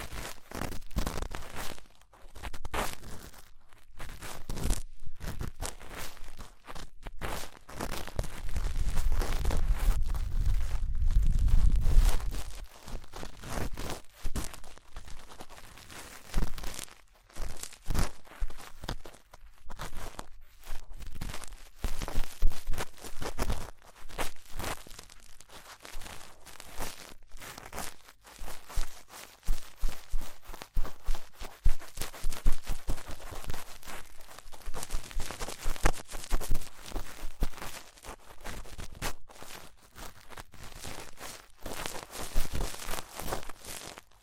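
Twin ear cleaning: dense, irregular rustling, crinkling and scratching throughout, with a louder rumbling stretch around ten seconds and brief pauses.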